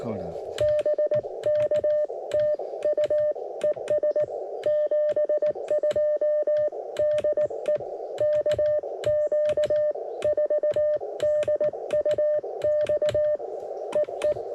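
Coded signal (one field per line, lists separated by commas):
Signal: Morse code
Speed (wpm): 18 wpm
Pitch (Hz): 590 Hz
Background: speech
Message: BK TU ES 72 DE KQ4DUX EE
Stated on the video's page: CW Parks on the Air activation on 30m and 17m with homemade lightweight vertical antenna, during a contest weekend; iambic paddle.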